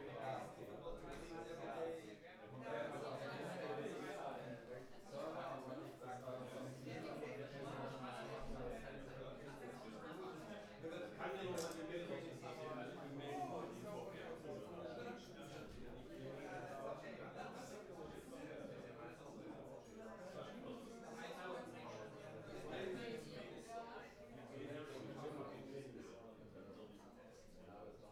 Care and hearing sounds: everyday scene through a hearing-aid microphone; many people talking; many voices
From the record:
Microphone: behind the ear, right, front

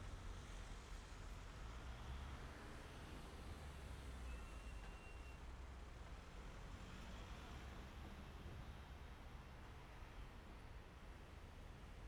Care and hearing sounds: everyday scene through a hearing-aid microphone; in traffic; traffic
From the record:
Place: main city hub, rush hour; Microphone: behind the ear, right, rear

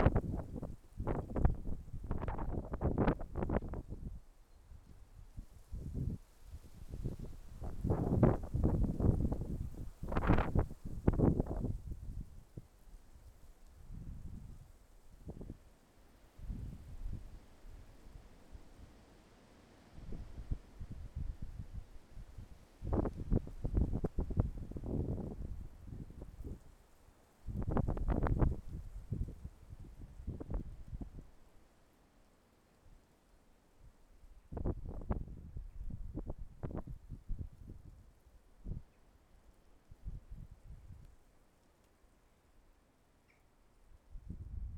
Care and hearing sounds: everyday scene through a hearing-aid microphone; wind on the microphone; wind, traffic, birds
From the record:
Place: suburban garden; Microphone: behind the ear, left, front

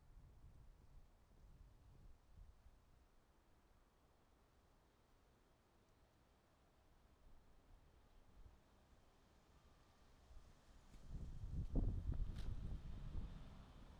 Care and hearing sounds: everyday scene through a hearing-aid microphone; wind on the microphone; wind, traffic, birds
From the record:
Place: suburban garden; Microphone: in the ear canal, right

